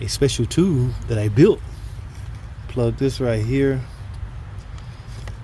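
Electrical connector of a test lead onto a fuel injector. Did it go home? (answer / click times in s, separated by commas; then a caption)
yes / 5.3 s. Someone talks while plugging the plastic connector of a home-made test lead onto a fuel injector on a Jeep engine. After a soft tap at about 4.8 s, the connector latches with a sharp click at 5.3 s and is seated.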